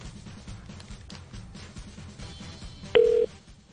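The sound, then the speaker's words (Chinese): A low, murmuring background runs throughout, then a single loud, steady electronic telephone tone sounds briefly near the end, about a third of a second long, before cutting off, as a live phone call is placed to someone's dad. “我哋好耐冇玩咧，即场打俾一个人啊！”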